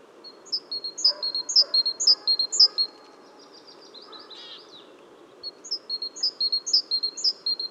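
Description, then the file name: Great tit giving rapid high chirping notes with lower tails, a pause of a couple of seconds with faint chatter, then the same quick series resumes over low background noise. "Parus major"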